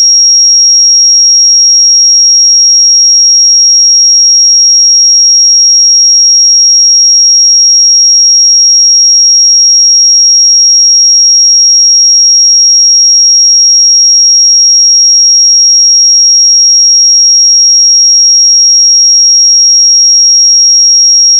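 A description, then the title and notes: A pure 5603 Hz sine tone holds perfectly steady for the whole clip, a single thin, piercing high whistle. Its loudness never changes, with no pulsing, breaks or other sounds around it, just the one unwavering pitch from start to finish. 5603 Hz 1 Hz Interval Sine Pure Tone Frequency 441000 Sample Mono.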